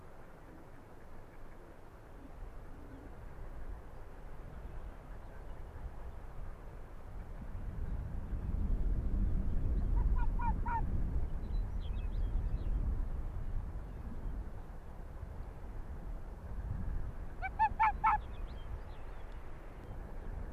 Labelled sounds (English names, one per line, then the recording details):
Arctic Fox
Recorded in the wild
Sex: male
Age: adult
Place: Insel Mednyi, Kommandeur-Inseln, RU
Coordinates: 54.5167, 168.083
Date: 1999-06-29 16:45
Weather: sonnig, 11°C, aufkommender Nebel
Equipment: Sony WM-D6C, Sennheiser ME 80, K 30 AV, Windkorb, Kopie Tascam DA 30
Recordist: Jakupi, Antje